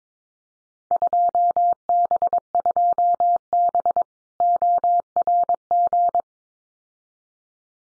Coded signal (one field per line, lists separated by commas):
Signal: Morse code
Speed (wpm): 22 wpm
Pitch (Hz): 700 Hz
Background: none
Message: 2B2B ORG